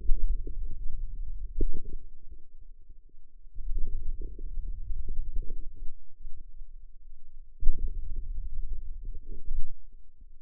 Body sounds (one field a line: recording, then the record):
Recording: forearm muscle sounds (acoustic myography)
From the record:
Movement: hand opening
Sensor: system 2, bracelet of six BSWA MPA416 microphones around the upper forearm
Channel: 5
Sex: female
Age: 21 years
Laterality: right